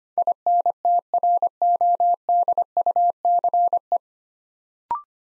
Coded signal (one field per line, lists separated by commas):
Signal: Morse code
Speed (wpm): 25 wpm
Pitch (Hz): 700 Hz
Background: none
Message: INTRODUCE